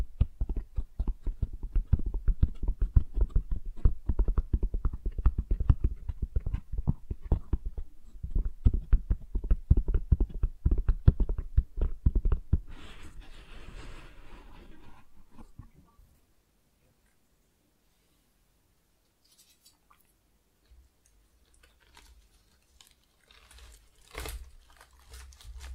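Tingly flower sounds: dense, rapid crinkling and rustling for the first twelve seconds, with many sharp little crackles. A brief hissy brushing follows before the sound nearly stops around sixteen seconds, leaving only faint scattered taps and soft rustles until the end.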